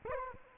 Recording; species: mosquito wingbeat signal from an infrared sensor; Culex quinquefasciatus